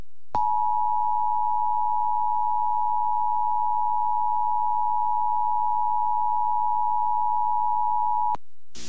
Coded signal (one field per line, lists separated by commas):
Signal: Emergency Alert System (SAME) tones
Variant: 853 and 960 Hz attention tone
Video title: EAS Tornado Watch #517 (Moderate SPC Risk!) Oklahoma City/North Texas NOAA Weather Radio